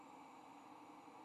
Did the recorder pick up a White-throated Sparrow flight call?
no